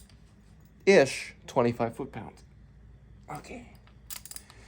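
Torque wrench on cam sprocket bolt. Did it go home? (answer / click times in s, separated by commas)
yes / 4.4 s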